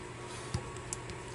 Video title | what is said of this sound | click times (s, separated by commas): Marvel Legends Modular Iron Man - Ursa Major wave - Cajun Toy Review | and then just kind of like lock it back down you heard that snap when you're got your shot or whatever you need | 0.9 s